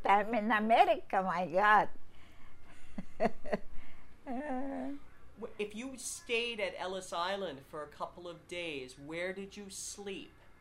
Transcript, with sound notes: I'm in America. My God! [chuckles]
If you stayed at Ellis Island for a couple of days, where did you sleep?